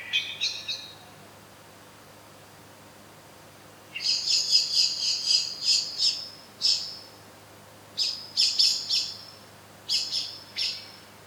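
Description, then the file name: Common blackbird sharp metallic chinking calls, delivered in bursts of several rapid notes with pauses between groups, against a steady low hum. "Turdus merula"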